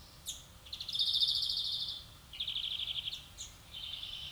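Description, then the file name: European greenfinch twittering song, loud buzzy trilled phrases at high pitch, several rapid rattling bursts with brief pauses between them. "Chloris chloris"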